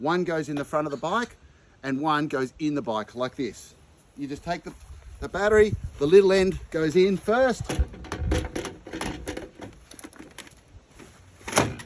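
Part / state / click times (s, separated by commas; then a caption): removable battery pack into eBike battery holder / seated / 10.0 s. A removable eBike battery pack is slid into its holder on the bike, small end first, and pushed home while someone talks. Several short knocks around 8.6–9.3 s come as the pack is lined up and slid in. A sharp click at 10.0 s marks the battery latching into place.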